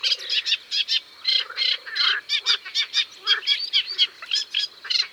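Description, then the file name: Eurasian reed warbler delivering rhythmic, scratchy chatter, short notes repeated two or three times each, with brief low purring croaks in the background. "Rousserolle effarvatte"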